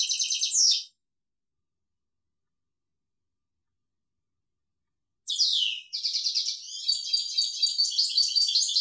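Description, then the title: European goldfinch song: a brief high twitter, a long silence, then a run of tinkling, buzzy and chattering notes to the end. "Chant Chardonneret"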